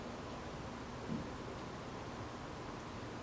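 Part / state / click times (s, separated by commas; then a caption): cocking plunger of a lancing device / not seated / none. Steady broadband hiss with a faint low thump around 1.1 s comes from the cocking plunger of a finger-prick lancing device as it is pulled back toward its cocked position. Nothing has seated or clicked yet.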